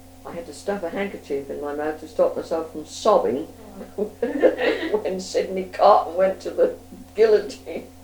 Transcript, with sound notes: I had to stuff a handkerchief in my mouth to stop myself from sobbing.
Aw-ah. [laughs]
When Sydney Carton went to the guillotine!